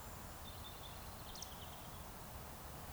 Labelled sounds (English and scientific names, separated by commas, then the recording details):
Eurasian Woodcock (Scolopax rusticola) whistle
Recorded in Baden-Württemberg, Germany, on 3 June 2021 at 20:00 UTC
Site 45499, 200 m above sea level